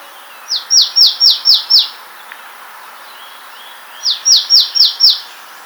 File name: Poecile palustris